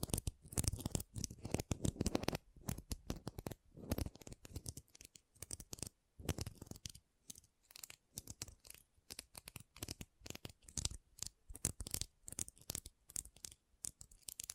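Pom poms are rustled and squeezed in a dense, crackly patter of rapid soft bursts. The first four seconds are busiest and loudest; after that the rustling comes in shorter, quieter clusters with brief gaps, continuing unevenly to the end.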